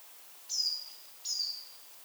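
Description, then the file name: Great tit calls: two thin, high, downslurred whistled notes, each trailing off, spaced about three quarters of a second apart. "Parus major"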